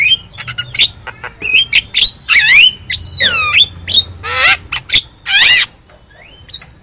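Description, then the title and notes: Javan myna song of rasping, buzzy squawks and descending slurred whistles interspersed with short sharp clicks. Lure sound meant to prompt a silent Javan myna to sing. "Pancingan Jalak Kebo Bisu. Kicau Jalak Kebo"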